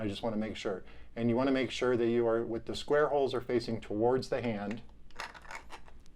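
Someone talks while lining up a 3D-printed plastic palm section with a prosthetic gauntlet/hand assembly, turning the parts so the square holes face the hand. A few faint light taps and clicks come near the end as the parts are handled. Nothing has seated or clicked into place yet.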